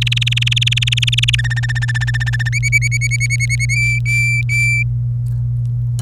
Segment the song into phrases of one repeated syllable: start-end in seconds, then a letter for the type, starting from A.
0.01-1.35 A, 1.39-2.49 B, 2.52-3.65 C, 3.69-4.83 D, 5.99-6.01 B